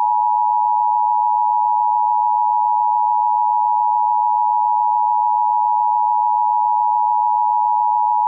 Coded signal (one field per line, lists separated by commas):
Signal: Emergency Alert System (SAME) tones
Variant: 853 and 960 Hz attention tone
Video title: My first real EAS video.............Northeast terror attack?